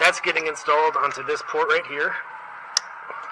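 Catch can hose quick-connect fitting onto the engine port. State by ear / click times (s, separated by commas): seated / 2.8 s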